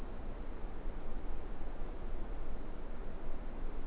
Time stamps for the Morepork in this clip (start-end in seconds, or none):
none